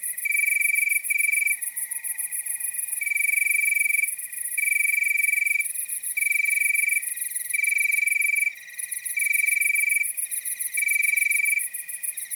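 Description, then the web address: Crickets chirping in repeated strong trilled bursts separated by short pauses, over a continuous high-pitched insect chorus and a faint whistle. Nocturnal wasteland soundscape at night. "Nature Chill Out 2014. Toads, Nighthawks and Crickets"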